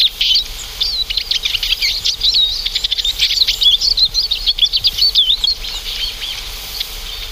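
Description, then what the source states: Eurasian Siskin flock calling: dense high twittering with thin wavering notes, overlapping and nearly continuous, fading toward the end. Slightly small winter finch visitor, never alone and always in flocks; call closely resembles Oriental Greenfinch's but omits its 'chiriri' part.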